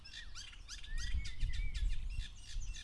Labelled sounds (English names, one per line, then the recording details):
Common Blackbird
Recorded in Germany
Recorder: ecoPi